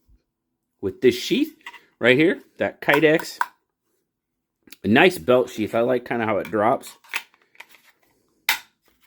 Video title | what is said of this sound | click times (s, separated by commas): The QSP Viper l Best Production Fixed Blade Of Blade Show Texas 2025 | Nice satisfying click. | 8.5 s